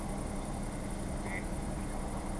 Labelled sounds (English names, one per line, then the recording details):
Mallard
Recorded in Germany
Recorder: ecoPi